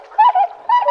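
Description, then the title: Tundra swan giving three short, hoarse, bugling notes in quick succession, the last longer and wavering. Sugao marsh, Ibaraki Prefecture, Japan. "菅生沼（茨城県）のコハクチョウ"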